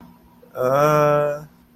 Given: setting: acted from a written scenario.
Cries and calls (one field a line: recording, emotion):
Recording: vocal sound without words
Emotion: guilt